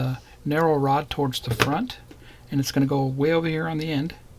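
A narrow rod (cable) for a 1:8 scale metal Volkswagen T1 Samba Camper Van model kit is handled and positioned toward its floor mounts at the front and back while someone talks. Nothing has seated or clicked yet.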